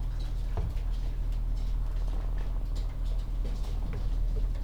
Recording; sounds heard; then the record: poultry house recording; sick chickens (respiratory disease)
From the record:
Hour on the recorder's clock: 14